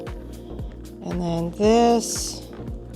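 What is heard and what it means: A Hermès Herbag handbag's closure clasp is handled against its metal fitting as the second part of the closure is fastened, while music plays and someone talks. Nothing has seated or clicked yet.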